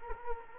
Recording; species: mosquito wingbeat signal from an infrared sensor; Culex quinquefasciatus